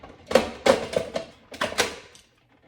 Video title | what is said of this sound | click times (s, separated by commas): LINKChef Cold Press Juicer Review: Easy to Use and Clean | Okay, there we go. Now it is snapped into place. | 1.6 s